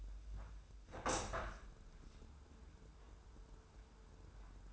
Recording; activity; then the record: daily activity, microphone in the room; open window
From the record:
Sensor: 2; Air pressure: 995.6 hPa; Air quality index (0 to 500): 86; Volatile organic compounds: 4 ppm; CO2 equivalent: 1573 ppm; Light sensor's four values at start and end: 24/76/30/28 and 24/77/30/29